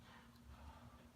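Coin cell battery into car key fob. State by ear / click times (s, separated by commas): not seated / none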